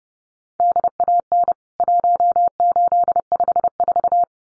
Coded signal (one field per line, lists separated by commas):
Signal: Morse code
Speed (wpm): 30 wpm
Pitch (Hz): 700 Hz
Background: none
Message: DAN 1854